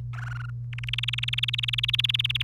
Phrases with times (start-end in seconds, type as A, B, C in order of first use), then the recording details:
0.13-0.50 A, 0.73-2.42 B. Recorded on 1 May 2018 at 14:36. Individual llb3